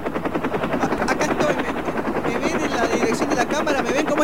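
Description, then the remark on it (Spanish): A helicopter's rotor chops loudly and steadily in a rapid, rhythmic beat, with a person speaking over the constant roar throughout. “Se te escucha muy bien, habla más fuerte porque el ruido del helicóptero.”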